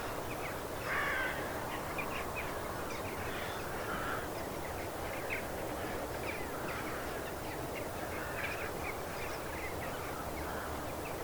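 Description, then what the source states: Crows giving soft harsh caws scattered throughout over a steady background hiss. Crows in a field.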